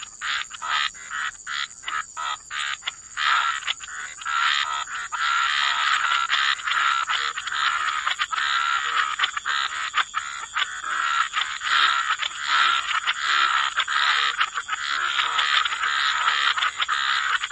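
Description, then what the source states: Frog chorus of quick, repeated croaks overlapping irregularly, with some short clear notes recurring and a constant high-pitched hiss behind. Frog chorus mixed with white noise, for sleep.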